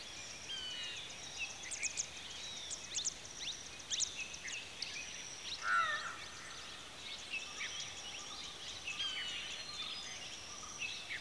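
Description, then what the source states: Birds calling in a busy chorus, with many short high chirps and thin whistled notes overlapping throughout, and one louder, lower call standing out midway. Several birds calling at a watering hole in the afternoon.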